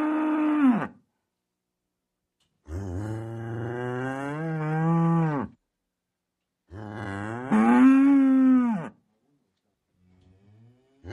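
Cow lowing in a series of long moos, some deep and rough, others louder and higher, each one to three seconds with short silences between.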